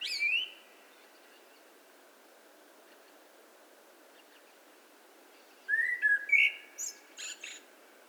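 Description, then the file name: Eurasian blackbird singing: a brief high note at the start, then after a pause a phrase of mellow whistles followed by several thin, scratchy high twitters. "Turdus merula"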